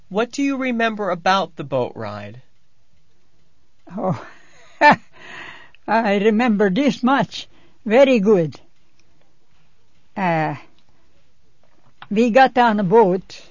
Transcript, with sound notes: What do you remember about the boat ride? ( she laughs )
I remember this much. Very good. We got on the boat